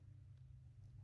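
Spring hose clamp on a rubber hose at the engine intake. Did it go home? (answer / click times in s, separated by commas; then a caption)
no / none. A spring hose clamp on a rubber hose at the engine intake of a 2005 Honda Odyssey is worked by hand higher up the hose during a VVT solenoid replacement to fix the VSA light. Only a steady low rumble and hum are heard, with no distinct sounds. Nothing has seated or clicked yet.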